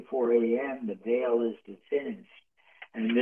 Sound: none

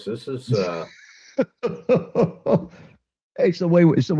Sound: laughs

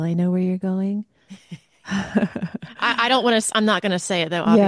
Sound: laughs

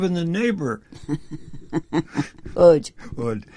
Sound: laughs

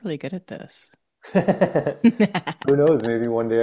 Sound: laughs

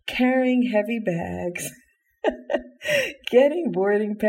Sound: laughs

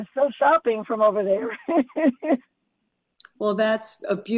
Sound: laughs

